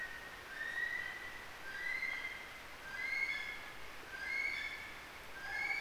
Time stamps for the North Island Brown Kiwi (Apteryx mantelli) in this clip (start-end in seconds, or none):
0.00-5.80